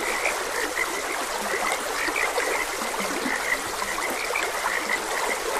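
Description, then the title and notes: Rapid high frog croaks alongside a few low, grunting croaks, heard over steadily running water. Frogs croaking beside a gentle stream. "Frogs Croaking. Sleep and Relaxation Podcast"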